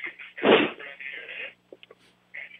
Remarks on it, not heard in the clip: I think you kind of sneezed a little bit.